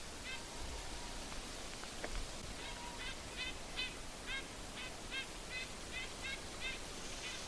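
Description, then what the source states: Red-breasted Nuthatch calls, a series of short nasal notes. Feeding on cedar berries in cedar trees in boreal woods on the Ball Club Road on a bright sunny morning; also birds of winter feeders that feed on cones.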